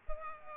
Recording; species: mosquito wingbeat signal from an infrared sensor; Culex pipiens